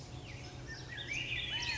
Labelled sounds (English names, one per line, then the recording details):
California Quail
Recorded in Sonoma County, California